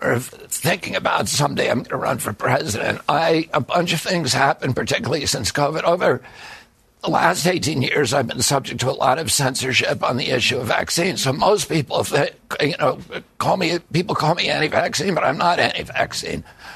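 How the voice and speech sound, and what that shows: Adult man speaking in a strained, gravelly voice from spasmodic dysphonia (spasmodic dystonia), a neurological disorder that began around age 42 after an injury and makes the vocal cords tighten up all the time. Surgery in Kyoto, Japan about eight months earlier made the voice more reliable.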